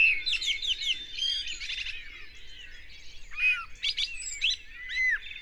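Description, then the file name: Common blackbird singing a busy run of whistled and twittering notes, some rising and falling. "Turdus merula"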